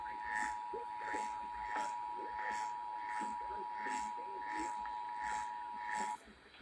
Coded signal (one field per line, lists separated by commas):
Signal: Emergency Alert System (SAME) tones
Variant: 853 and 960 Hz attention tone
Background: speech